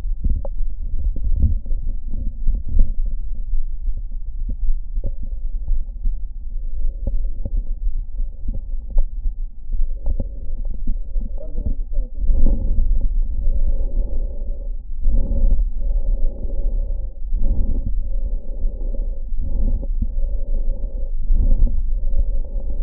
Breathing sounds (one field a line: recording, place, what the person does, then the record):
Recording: lung sounds by stethoscope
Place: right anterior apical chest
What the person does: quiet breathing, then deep breathing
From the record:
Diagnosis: interstitial lung disease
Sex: male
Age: 82 years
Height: 158 cm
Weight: 49 kg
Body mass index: 19.6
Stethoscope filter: diaphragm mode